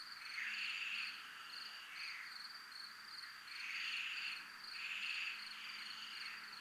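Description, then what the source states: Cricket giving a constant high-pitched trill while louder grating bursts of insect chorus swell in and fade over several seconds. Crickets recorded in a military zone.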